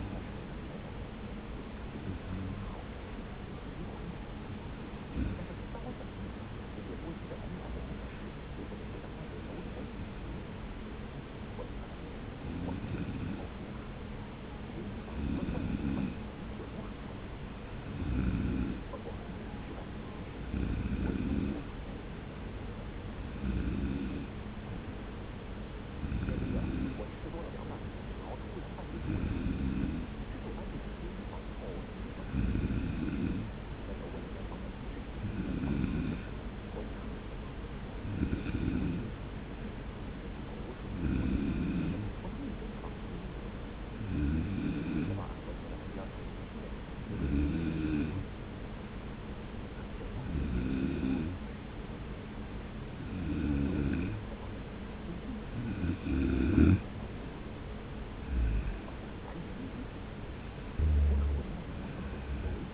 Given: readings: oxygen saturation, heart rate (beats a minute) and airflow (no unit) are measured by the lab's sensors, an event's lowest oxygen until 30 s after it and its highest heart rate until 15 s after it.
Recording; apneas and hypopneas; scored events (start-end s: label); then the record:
breathing in sleep by a voice recorder at the bedside; 1
5.00-20.80 s: hypopnea (N2, oxygen 94% highest, then 91% lowest)
From the record:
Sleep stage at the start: N2 (light sleep); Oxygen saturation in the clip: 91 to 94%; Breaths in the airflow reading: 21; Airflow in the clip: -1.4 to 2.4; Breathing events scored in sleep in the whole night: 335 in 6.7 hours asleep